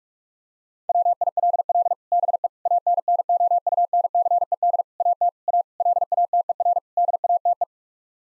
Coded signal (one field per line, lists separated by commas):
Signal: Morse code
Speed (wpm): 46 wpm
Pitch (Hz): 700 Hz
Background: none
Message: WILL BE ANNOUNCED AT A LATER DATE